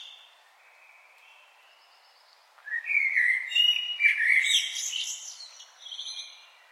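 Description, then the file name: Common blackbird song: a faint low whistle, then from about 2.6 seconds a loud mellow warbled phrase ending in higher twittering notes. "Turdus merula"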